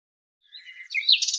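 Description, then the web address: Bird chirping: a short run of thin, high twittering notes that rise and grow louder toward the end, with no other sounds behind. "cianscape birddata Deverinetal 2025 Bird Lu Me Lu Me"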